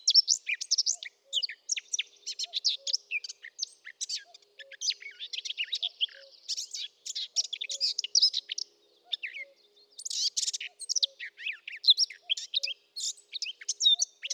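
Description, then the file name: Eurasian blackcap warbling almost without a break, a rapid jumble of chattering, squeaky and twittering notes with only short gaps. "Sylvia atricapilla"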